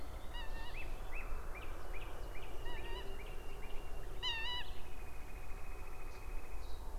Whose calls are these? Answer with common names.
Eurasian Coot, Common Nightingale, Cetti's Warbler